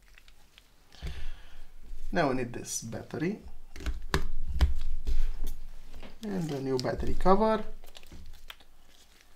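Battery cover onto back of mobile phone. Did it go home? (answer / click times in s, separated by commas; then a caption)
no / none. Someone talks while handling a battery and a new plastic battery cover for the back of a Nokia 6290 mobile phone during a restoration, with light rustling and brief sharp handling taps around 4.1, 4.6 and 8.5 seconds. Nothing has seated or clicked yet; the cover has not snapped on by the end of the clip.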